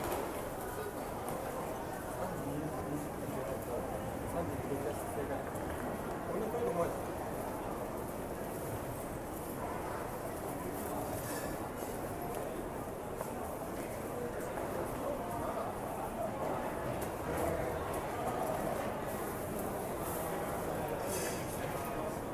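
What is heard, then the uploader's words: A busy station crowd keeps up a dense, steady murmur of overlapping voices, with no single speaker standing out. The level barely changes throughout. Faint, brief hissing sounds rise above the chatter around eleven seconds and again near the end. It is a recording of a busy train station. You can hear the hustle and bustle of the station, people talking, trains coming and going, and other ambient noise. BUSY TRAIN STATION AMBIENT SOUNDS.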